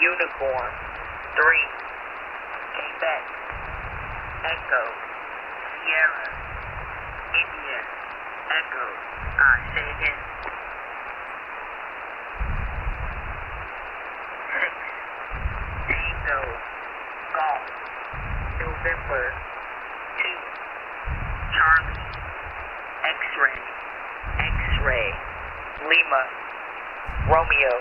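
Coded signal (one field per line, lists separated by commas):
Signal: coded military voice message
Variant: HFGCS Emergency Action Message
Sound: a voice slowly reading NATO phonetic letters and numbers over steady shortwave hiss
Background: radio static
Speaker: here's a case of going to the back of the rack for an eam transmission and a sky king transmission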